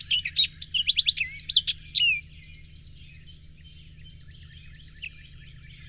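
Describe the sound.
Bird song: a quick two-second phrase of bright chirps and twittering notes, then faint twitters, with a low steady hum throughout.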